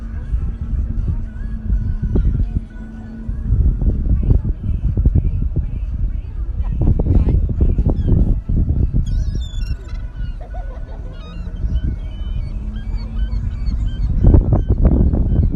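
Sea wind rumbles steadily at a beach, low and gusty throughout. Gulls call in short, bright squawks, clustered around the middle and again near the end. Faint voices of people drift in and out beneath the wind.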